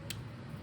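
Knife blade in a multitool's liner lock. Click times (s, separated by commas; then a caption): 0.1 s. The knife blade of a Leatherman Rebar multitool, which has a serrated edge, is opened and snaps into its liner lock with a short, sharp click at 0.1 s over a low background hum. The blade is locked open.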